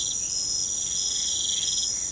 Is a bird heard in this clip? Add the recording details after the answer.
no. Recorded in pastures near Puerto Asís, Putumayo, Colombia, on 29 June 2025 at 23:00. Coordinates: 0.472, -76.331. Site G095